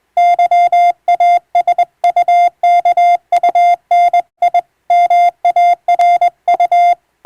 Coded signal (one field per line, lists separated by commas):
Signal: Morse code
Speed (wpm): 21 wpm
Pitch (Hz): 700 Hz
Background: none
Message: YASUKUNI MARU